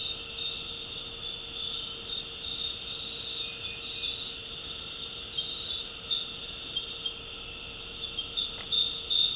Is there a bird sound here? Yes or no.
no